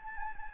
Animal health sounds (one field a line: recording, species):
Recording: mosquito wingbeat signal from an infrared sensor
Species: Anopheles gambiae